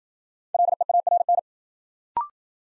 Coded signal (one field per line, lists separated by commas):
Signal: Morse code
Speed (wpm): 53 wpm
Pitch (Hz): 700 Hz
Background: none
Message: LEARN